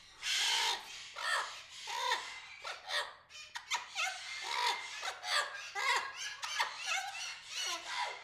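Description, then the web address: Aviary birds in a busy chorus of chattering squawks and short slurred whistles, overlapping continuously with rapid irregular bursts. "Epidemic Sound Albums. Aviary Birds"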